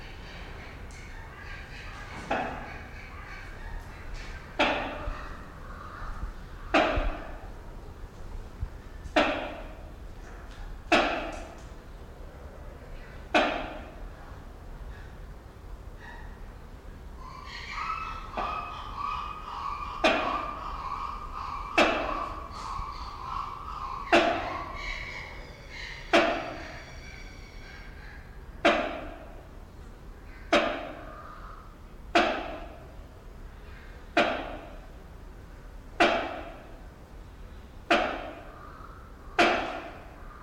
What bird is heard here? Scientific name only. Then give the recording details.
Aceros corrugatus. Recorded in captivity. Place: Zoo Berlin, Berlin, DE. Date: 1992-07-25 11:40. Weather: sonnig (heiter - schwül), 23-26°C. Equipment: Marantz CP 430, Sennheiser ME 80, Kopie Tesla B 116. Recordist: Tembrock, Günter